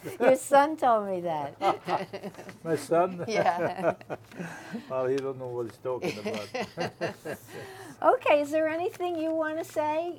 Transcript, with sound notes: Your son told me that.
My son?
Yeah. (they laugh)
Oh, he don't know what he's talking about. (they laugh)
Okay, is there anything you want to say